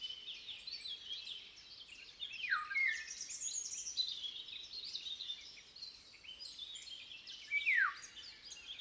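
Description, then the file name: Eurasian golden oriole calls: two harsh, squawking notes sliding sharply downward about five seconds apart, over a steady twittering chorus of other songbirds. "Oropendola europea Oriolus oriolus"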